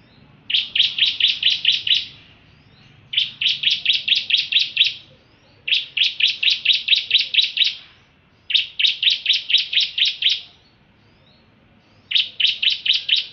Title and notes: Suara Kicau Burung Prenjak Lengkap dan Ngerol